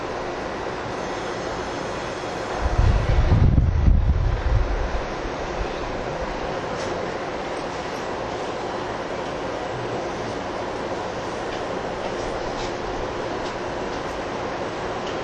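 A steady rumble inside a TWR 70-000 series train on the Saikyo Line rapid service, running between Shin-Kiba and Akabane. Between about three and five seconds a deep, heavy roar swells and fades. Faint thin squeals and clicks come and go above the constant drone.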